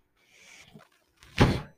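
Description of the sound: Breath cycle of a home mechanical ventilator: a soft low hiss, a pause, then a louder broadband whoosh of air delivery that fades away, heard in the background of the user's speech.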